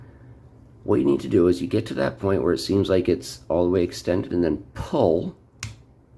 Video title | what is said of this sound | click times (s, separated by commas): Zeta Toys Superitron-Mini ZC 02 Skystrike | with a little bit of pressure and it will lock into place | 5.6 s